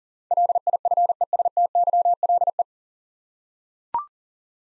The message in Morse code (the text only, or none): LIFESTYLE